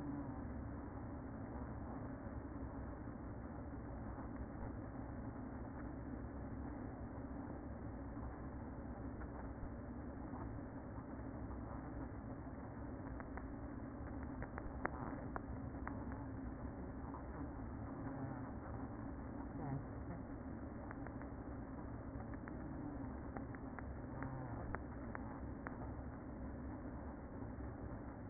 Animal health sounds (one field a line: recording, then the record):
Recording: honeybee colony, microphone inside the hive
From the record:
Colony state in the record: queen present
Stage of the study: after two queens were removed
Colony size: about 60,000 bees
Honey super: yes